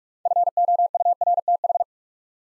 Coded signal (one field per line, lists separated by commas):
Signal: Morse code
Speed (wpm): 44 wpm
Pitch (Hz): 700 Hz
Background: none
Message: FOURTH